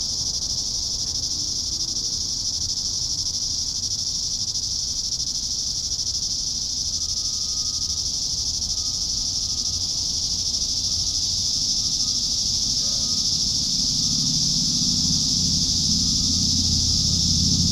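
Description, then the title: Cicada chorus droning unbroken and high, growing slightly stronger near the end, while a low rumble rises beneath it in the final seconds. "neoscenes: cicadas"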